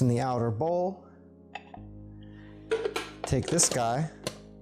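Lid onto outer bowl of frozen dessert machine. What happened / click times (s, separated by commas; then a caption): The lid is being handled on the outer bowl and has not yet locked / none. Someone talks over background music while handling the lid or blade assembly, twisting it onto the plastic outer bowl of a Ninja Creami NC301 frozen treat maker. A few short knocks and clinks sound from the parts. Nothing has seated or locked yet.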